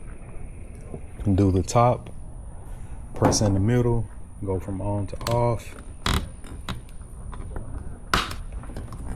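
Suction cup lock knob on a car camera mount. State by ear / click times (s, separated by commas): seated / 8.1 s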